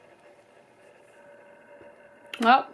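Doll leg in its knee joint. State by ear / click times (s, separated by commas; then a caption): not seated / none. Someone bends the second leg of an LOL Surprise OMG Series 1 Swag fashion doll at its knee joint, but the joint is stiff and has not clicked yet; only the other leg clicks easily. A quiet, steady background hum runs through most of the clip before someone talks briefly near the end.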